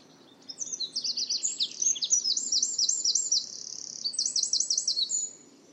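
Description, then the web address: Bird song: a lively high phrase of quick, repeated sliding notes and brief buzzy trills, running about five seconds over a faint low hum. "cianscape birddata Deverinetal 2025"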